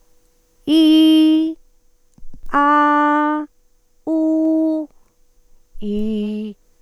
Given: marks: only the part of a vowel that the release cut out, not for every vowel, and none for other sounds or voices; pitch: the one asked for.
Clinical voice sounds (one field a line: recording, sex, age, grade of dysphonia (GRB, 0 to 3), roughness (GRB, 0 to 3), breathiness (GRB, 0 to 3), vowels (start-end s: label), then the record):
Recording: sustained vowels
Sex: female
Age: 60 to 69 years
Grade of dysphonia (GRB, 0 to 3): 0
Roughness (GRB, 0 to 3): 0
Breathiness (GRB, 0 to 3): 0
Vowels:
0.72-1.43 s: vowel /i/, high pitch
2.57-3.35 s: vowel /a/, high pitch
4.10-4.79 s: vowel /u/, high pitch
5.89-6.46 s: vowel /i/, low pitch
From the record:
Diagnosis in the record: dysphonia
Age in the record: 66 years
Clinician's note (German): Funktionelle Dysphonie, beginnende Altersstimme